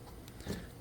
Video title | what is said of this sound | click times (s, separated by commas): Quick Fix: Dodge Ram (08-12) No Start or Stall, Ignition Key (WIN) Repair Tutorial | just snaps back into place | 0.3 s, 0.4 s